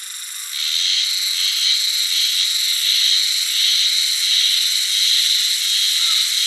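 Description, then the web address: Japanese spring cicada chorus with a high, buzzy, continuous drone after a quieter start. 16 April 2017. "birdenaga haruzemi 170416"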